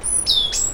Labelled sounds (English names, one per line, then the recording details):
Stitchbird song
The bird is a male
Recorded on Tiritiri Matangi Island, New Zealand, in 2005
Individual 12, of nest box 16